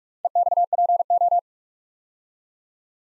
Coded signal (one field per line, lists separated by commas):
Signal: Morse code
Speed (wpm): 44 wpm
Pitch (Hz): 700 Hz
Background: none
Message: EXPO